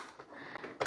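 The small hook on a sewing machine's presser-foot holder is opened and a metal presser foot is fitted back onto the shank, with a few faint taps along the way. At 0.8 s the foot snaps on with a sharp click, seating it in the holder.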